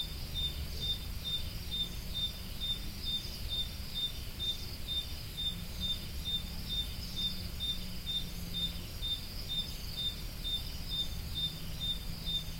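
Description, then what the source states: Crickets producing a continuous train of short high chirps roughly twice per second, accompanied by steady low background hum. Crickets recorded at Roodekopjes.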